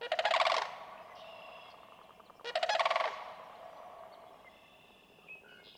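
Sandhill crane giving loud, rolling, pulsed rattling calls, two bursts about two and a half seconds apart, with faint bird chirps between them.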